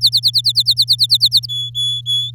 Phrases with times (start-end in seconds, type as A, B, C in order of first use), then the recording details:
0.01-1.47 A, 1.49-2.31 B. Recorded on 11 May 2018 at 10:35. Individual llb16